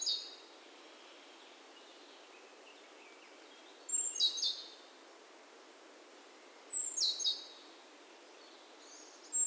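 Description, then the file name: Great tit calls: short high chirping bursts with sharp downward notes, repeated roughly every three seconds over steady background hiss. "Parus major"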